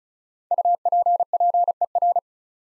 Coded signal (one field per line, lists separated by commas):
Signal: Morse code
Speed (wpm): 36 wpm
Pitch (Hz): 700 Hz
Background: none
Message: UPPER